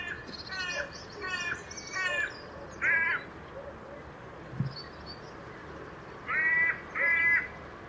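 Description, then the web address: Bird giving harsh, raspy, stacked calls in a quick irregular series, a pause, then two louder calls near the end, with faint high chirps above. "cianscape. Deverinetal 2025. Bird Only"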